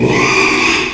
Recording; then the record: squeal of a Yucatan mini pig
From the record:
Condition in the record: after surgery on the right vocal fold (resection and tissue-engineered implant); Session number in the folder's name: 1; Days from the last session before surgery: 6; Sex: male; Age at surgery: 12 weeks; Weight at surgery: 13 kg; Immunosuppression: cyclosporine, prednisolone